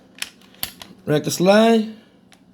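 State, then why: Not seated. A 17-round Smith & Wesson magazine is handled at a pistol's magazine well, with sharp metallic clicks near 0.2, 0.6 and 0.8 seconds and a faint tick at 2.3 seconds. Someone talks from about 1.1 to 2.0 seconds. The magazine has not seated or clicked home yet.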